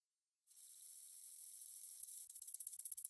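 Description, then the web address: Common virtuoso katydid song: a very high continuous sizzling buzz that breaks into rapid rattling pulses toward the end. North America. "Songs of Insects. Common Virtuoso Katydid"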